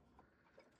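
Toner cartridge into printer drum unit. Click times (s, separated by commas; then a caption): 0.2 s. A plastic toner cartridge is pushed into the drum unit of a Brother HL-L2460DW laser printer. It snaps into place with a short click at 0.2 s, and a fainter click follows around 0.6 s. The cartridge is seated firmly.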